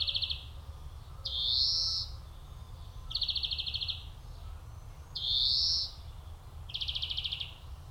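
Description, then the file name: European Greenfinch calls: wheezy drawn-out buzzes alternating with short rattling trills, over low background noise. "Chloris chloris"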